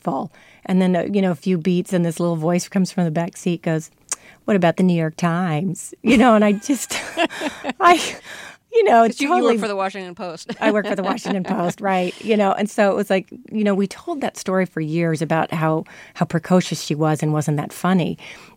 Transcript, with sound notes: And then, you know, a few beats, and this little voice comes from the backseat goes, what about The New York Times? You know, and I just...
(LAUGHTER)
I, you know, totally...
Because you work for The Washington Post.
(LAUGHTER)
I work for The Washington Post. Right. You know, and so it was like, you know, we told that story for years about how precocious she was, and wasn't that funny?